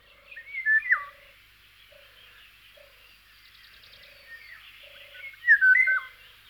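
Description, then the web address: Eurasian golden oriole song: two loud, fluty whistled phrases that slide down and up, one near the start and one near the end, over a chorus of other birds and a repeated low note. "singvoegel gesang. kosmos 93 pirol"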